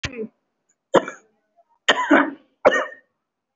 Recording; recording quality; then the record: heavy voluntary cough; excellent, no background noise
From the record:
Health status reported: respiratory illness, not identified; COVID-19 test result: not tested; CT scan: not taken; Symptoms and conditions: chronic lung disease, diabetes, ischaemic heart disease, another condition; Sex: male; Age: 72 years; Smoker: yes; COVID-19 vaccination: none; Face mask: worn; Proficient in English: no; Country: India